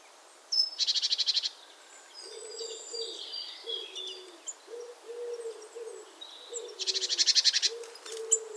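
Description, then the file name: Great tit churring call: two rapid buzzy bursts of harsh pulses, each about a second long, with softer chirps from other birds and low hooting sounds in the background. "Parus major"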